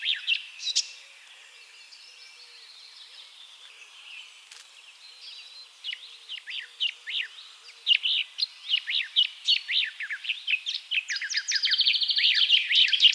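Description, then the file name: Eurasian blackcap song, a subdued warble that swells into loud rapid clear notes delivered in quick succession, strongest at the end. "Sylvia atricapilla"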